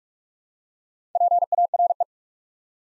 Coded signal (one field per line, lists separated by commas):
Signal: Morse code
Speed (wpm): 44 wpm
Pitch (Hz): 700 Hz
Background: none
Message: PARE